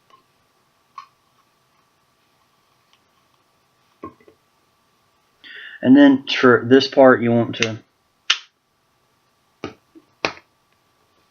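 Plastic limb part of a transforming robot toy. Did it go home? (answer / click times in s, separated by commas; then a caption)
released / 8.3 s, 9.6 s, 10.2 s. Someone talks, then a plastic limb part of a transforming robot toy is moved out of its locked position and released with a triple click. Sharp clicks are heard at 8.3, 9.6 and 10.3 seconds as the part clicks out of place.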